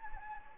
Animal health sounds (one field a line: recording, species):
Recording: mosquito wingbeat signal from an infrared sensor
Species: Anopheles gambiae